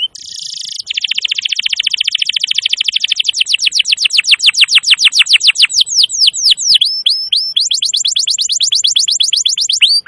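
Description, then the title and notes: Canary song opening with a buzzy burst, then a long rapid trill slowing into swooping notes and speeding up again. Masteran recording of a canary singing continuously (gacor), used to lure wild canaries. "Pikat Kenari GACOR PANJANG INI Cocok Untuk Masteran KENARI LIAR. Masteran burung kenari gacor parah"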